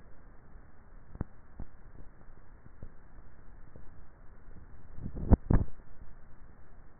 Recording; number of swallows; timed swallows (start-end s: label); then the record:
swallowing sounds by neck microphone; 1
4.85-5.78 s: swallow
From the record:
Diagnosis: dysphagia